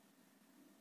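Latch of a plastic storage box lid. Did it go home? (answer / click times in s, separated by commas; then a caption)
no / none. In a shop, someone handles the latch on the lid of a small, sturdy plastic art-style storage box, closing it to lock. Only a steady low background hiss with a faint hum is heard, with no click. Nothing has seated or clicked yet.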